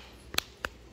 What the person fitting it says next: hear that click now the cameras are closed they're protected